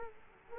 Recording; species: mosquito wingbeat signal from an infrared sensor; Culex quinquefasciatus